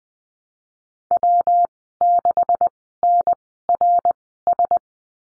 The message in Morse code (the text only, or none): W6NRS